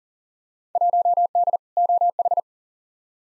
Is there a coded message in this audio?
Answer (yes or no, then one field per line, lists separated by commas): yes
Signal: Morse code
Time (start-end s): 0.8-2.4 s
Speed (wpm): 40 wpm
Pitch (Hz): 700 Hz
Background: none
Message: 1D OH